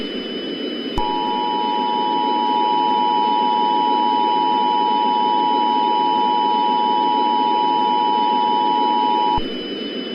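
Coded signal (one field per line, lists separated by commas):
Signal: Emergency Alert System (SAME) tones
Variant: 853 and 960 Hz attention tone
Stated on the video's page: Fictional EAS scenario, a simulated horror alert.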